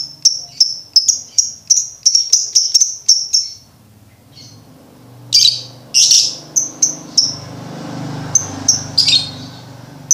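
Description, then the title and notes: Lovebird chirps repeated quickly at first, then a gap with low background hum before louder, harsher chirps resume over steady noise. Used to train birds to learn ngekek singing. "MASTERAN BURUNG 2. Belajar Ngekek. lofbet"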